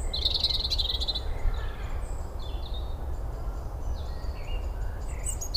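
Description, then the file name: European robin giving a thin, high trilled phrase in the first second, then faint scattered high whistles over a steady low rumble. "Erithacus rubecula"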